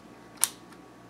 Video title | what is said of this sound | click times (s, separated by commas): Dell Inspiron 15-5593 (Late 2019) RAM Upgrade & Internals Overview | hear it click and you're all set | 0.4 s